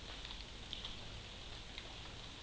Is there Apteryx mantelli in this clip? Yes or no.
no